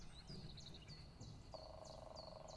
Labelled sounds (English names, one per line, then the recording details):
Common Chiffchaff
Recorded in Germany
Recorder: ecoPi